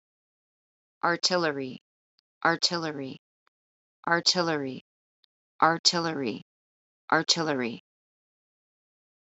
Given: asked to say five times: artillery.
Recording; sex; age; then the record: repeated word; female; 30 to 39 years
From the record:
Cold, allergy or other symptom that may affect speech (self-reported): no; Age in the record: 37 years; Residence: California, United States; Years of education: 18